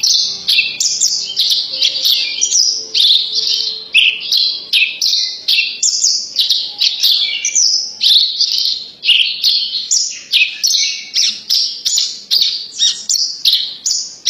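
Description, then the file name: Horsfield's bush lark pouring out a long, unbroken stream of high chirps, twitters and short whistles, lively and varied for the whole stretch. Tutor recording for training birds. "suara masteran branjangan"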